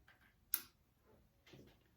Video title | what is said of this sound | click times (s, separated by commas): Derby Car tips under 2 minutes : Fuel line disconnect | And when you're done, you want to put them back on, it just pops right in. | 0.5 s